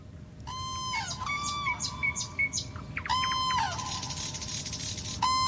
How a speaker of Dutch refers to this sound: Dat is nog eens een kraanvogel. Wat een getrompetter. Ze leven op het eiland Saaremaa in Estland, waar ze broeden.